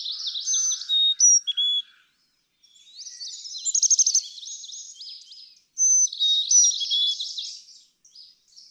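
Carolina chickadee song: clear whistled notes stepping from high to lower pitch, mixed with dense, buzzy high chatter and brief pauses.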